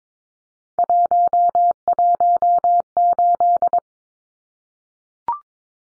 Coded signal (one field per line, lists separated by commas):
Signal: Morse code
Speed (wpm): 22 wpm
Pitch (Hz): 700 Hz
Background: none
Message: 118